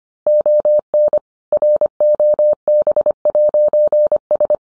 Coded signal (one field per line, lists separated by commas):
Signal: Morse code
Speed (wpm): 25 wpm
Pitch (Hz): 600 Hz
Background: none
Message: ON ROB'S